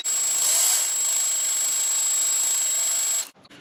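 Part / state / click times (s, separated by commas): 10 mm bolt into ignition coil mount / not seated / none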